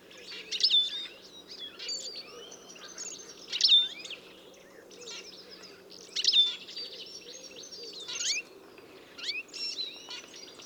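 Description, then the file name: European goldfinch twittering calls in liquid bursts of high chirps and slurred notes, peaking roughly every two to three seconds over a steady low hum. "Carduelis carduelis"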